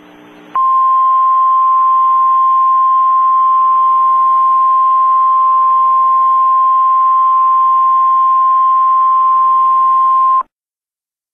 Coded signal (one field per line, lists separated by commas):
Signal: Emergency Alert System (SAME) tones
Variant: 1050 Hz attention tone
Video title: EAS Scenario: Weather Disaster (Original)